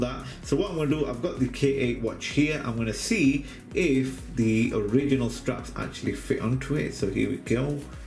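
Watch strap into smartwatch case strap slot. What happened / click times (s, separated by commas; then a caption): Handled, not yet home: the strap has not clicked into the watch case / none. An original smartwatch strap is handled at the strap slot of a K8 replica smartwatch case to see if it fits, while someone talks over background music. Nothing has seated or clicked yet by the end of the clip.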